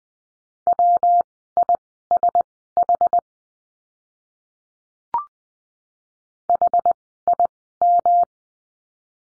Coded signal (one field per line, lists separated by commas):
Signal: Morse code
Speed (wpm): 20 wpm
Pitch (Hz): 700 Hz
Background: none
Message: WISH HIM